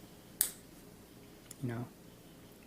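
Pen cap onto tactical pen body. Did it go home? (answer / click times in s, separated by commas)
yes / 0.4 s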